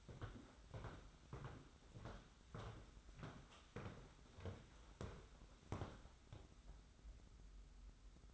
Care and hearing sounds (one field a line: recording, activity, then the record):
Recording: daily activity, microphone in the room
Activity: walk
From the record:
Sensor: 3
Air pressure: 991.6 hPa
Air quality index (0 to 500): 181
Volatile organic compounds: 1000 ppm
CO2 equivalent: 6047 ppm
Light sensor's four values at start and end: 38/109/44/38 and 38/109/44/39